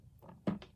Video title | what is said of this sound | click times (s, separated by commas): The Armed Citizen 14 - Range, range in the Home Part 3 | it slides on it has a positive latch that clicks into place | 0.5 s